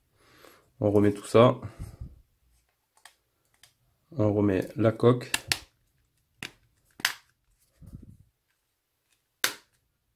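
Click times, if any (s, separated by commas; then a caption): 7.0 s, 9.4 s. Someone talks while the plastic back cover of a Homtom HT 37 Pro smartphone is pressed back onto the phone body after a battery check. Sharp snaps are heard as its clips engage at 7.0 s and 9.4 s, and the cover is seated properly.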